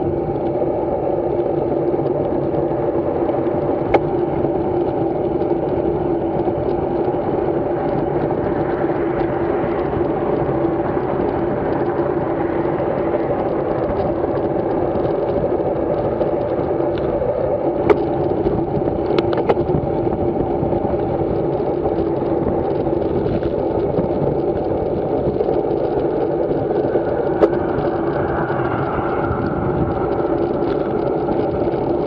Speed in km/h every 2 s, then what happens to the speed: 28, 29, 32, 32, 33, 34, 33, 33, 35, 32, 36, 38, 33, 39, 32, 33.
0-32 steady at about 33.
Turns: none.